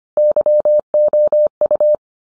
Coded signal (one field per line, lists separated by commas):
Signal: Morse code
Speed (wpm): 25 wpm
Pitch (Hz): 600 Hz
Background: none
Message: YOU